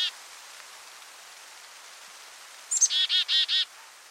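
A bird sings one phrase near the end: a quick high note sliding down, then four buzzy notes in steady rhythm, after a mostly quiet stretch.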